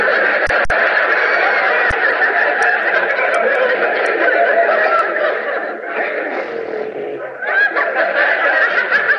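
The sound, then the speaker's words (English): A person on the Jack Benny radio program imitates a horse, playing the part of a cowboy's horse. The long, wavering, whinny-like vocal sound has a snickering, chuckling quality that stays fairly loud throughout and rises sharply near the end. “Me, I'm playing the part of your horse.”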